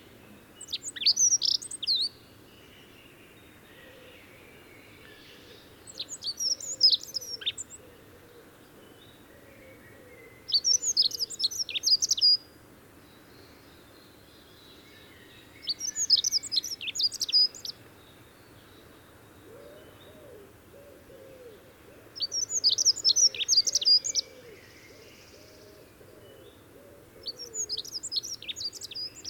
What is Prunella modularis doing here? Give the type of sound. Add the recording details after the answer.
song. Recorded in the wild. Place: Sassnitz, Insel Rügen, Mecklenburg-Vorpommern, DE. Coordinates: 54.565, 13.615. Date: 1978-05-31 04:45. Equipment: Nagra III BH, Sennheiser MD 21, parabola. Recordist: Schubert, Michael